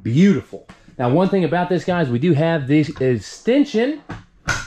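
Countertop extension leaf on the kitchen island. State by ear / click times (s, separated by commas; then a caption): seated / 4.5 s. Someone talks as the countertop extension leaf on the epoxy-pour-top kitchen island of a 2021 Alliance Valor 41V15 RV is raised. At 4.5 s it locks into place with a single sharp knock, giving more counter space.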